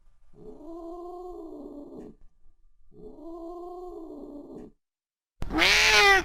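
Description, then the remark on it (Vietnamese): A cat growls twice in long, low, droning stretches with a brief pause between, then lets out a sudden loud, harsh yowl at the end. “hai mắt chiếu sáng rực như hai hòn ngọc, thân nó cong lại, hai chân trước cao cao vào trong không khí, miệng thì không ngớt kêu lên gừ gừ, rồi chợt lùi dần vào bóng tối như có ai đó vô hình đang đứng trước mặt nó, làm cho nó hoảng sợ.”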